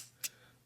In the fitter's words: It locks in place.